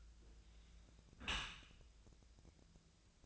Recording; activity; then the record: daily activity, microphone in the room; close dishwasher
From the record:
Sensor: 2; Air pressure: 1000.3 hPa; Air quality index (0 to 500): 163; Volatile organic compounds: 3 ppm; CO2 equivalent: 1350 ppm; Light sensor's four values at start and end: 11/31/12/14 and 11/31/12/14